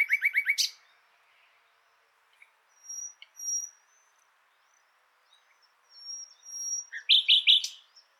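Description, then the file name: Common nightingale song: a fast burst of repeated notes, a few soft thin whistles, then another rapid repeated phrase near the end. "Luscinia megarhynchos"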